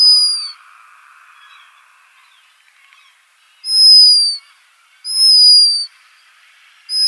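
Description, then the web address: Black guillemot giving a few long, thin, high whistles, each under a second and gently falling. "Schulze Peter Black Guillemot song"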